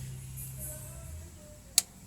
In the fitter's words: Itu sekitar dua klik.